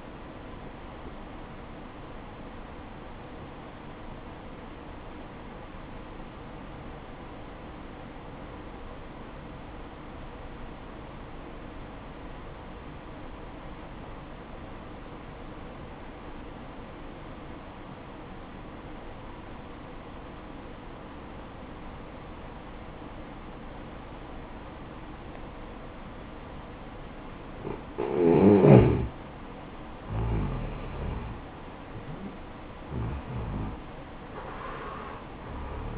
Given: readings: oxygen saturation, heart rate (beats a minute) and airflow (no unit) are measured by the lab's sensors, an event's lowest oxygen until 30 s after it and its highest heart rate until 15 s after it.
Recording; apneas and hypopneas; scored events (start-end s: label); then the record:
breathing in sleep by a voice recorder at the bedside; 1
4.00-29.30 s: obstructive apnea (N1, oxygen 96% highest, then 87% lowest, heart rate 58 at the start, 71 highest)
12.00-35.98 s: new sleep stage, N2 (light sleep)
From the record:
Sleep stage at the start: N1 (lightest sleep); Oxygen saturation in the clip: 88 to 96%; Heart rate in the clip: 56 to 69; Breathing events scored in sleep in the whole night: 573 in 9.8 hours asleep